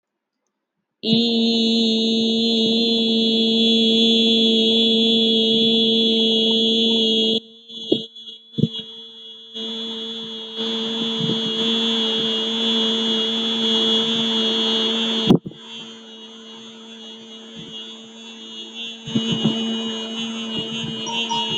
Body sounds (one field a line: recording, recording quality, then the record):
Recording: sustained vowel as in beet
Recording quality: excellent, no background noise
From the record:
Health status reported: healthy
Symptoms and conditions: none ticked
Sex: female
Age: 43 years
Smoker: not ticked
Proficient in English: yes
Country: India